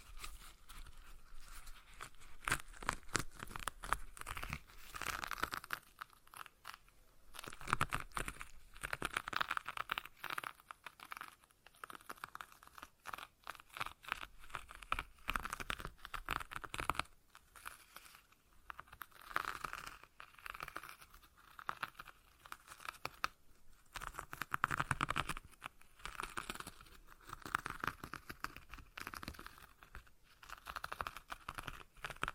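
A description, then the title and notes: A stress ball is squeezed and kneaded in uneven bursts of crinkly, crunching rustle, with brief pauses and louder squeezes near 8, 20 and 25 seconds. ASMR Relaxing Stress Ball Sounds (No Talking).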